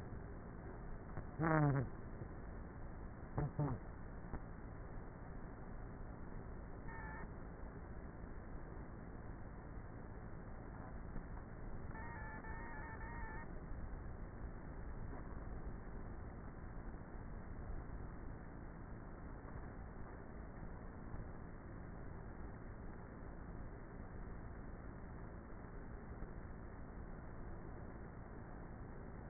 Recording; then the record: honeybee colony, microphone inside the hive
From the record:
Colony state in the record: queenless with a low population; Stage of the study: before two queens were removed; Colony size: about 30,000 bees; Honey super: no